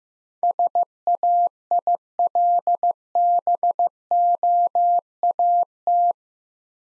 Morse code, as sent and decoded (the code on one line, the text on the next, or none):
... .- .. .-.. -... --- .- -
SAILBOAT